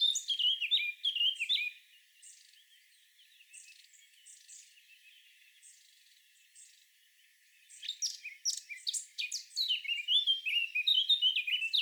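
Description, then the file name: Eurasian blackcap song, opening with a warbled phrase, followed by soft scattered notes, then a loud rich warbling burst. "Sylvia atricapilla"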